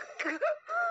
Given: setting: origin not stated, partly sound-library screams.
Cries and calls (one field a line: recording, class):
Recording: one-second piece from a danger detection set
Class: woman in danger